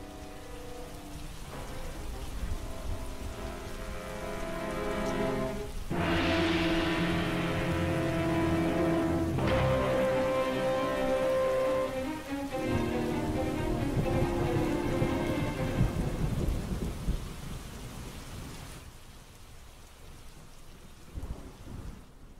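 Heavy rain pours steadily outside with a dense, hissing roar, joined by deep rolling rumbles of thunder before the downpour thins out near the end.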